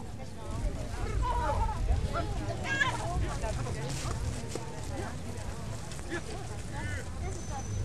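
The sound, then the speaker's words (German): A farmer calls out short, wordless commands to his plough horses while ploughing a field, his voice rising and falling in clipped bursts over a steady low rumble and faint background noise throughout. “Der Bauer spricht Pferdesprache mit seinen Tieren.”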